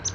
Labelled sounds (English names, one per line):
Palm Warbler flight call